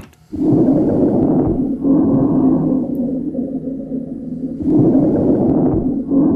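Harsh, grainy breath sounds repeat in cycles about every four seconds, near 14 breaths a minute, with a rough crackling texture through each breath. These are crackles (crepitations) in a lung with COVID-19, caused by inflamed, fluid-filled alveolar walls from the many inflammatory substances the virus provokes, and eventually possibly scarring (fibrosis). Not heard in all COVID-19 patients.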